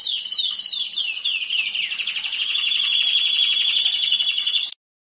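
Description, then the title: Canary singing, opening with a few descending whistled slurs, then breaking into a sustained fast trill that holds steady until it stops abruptly. "Kenari"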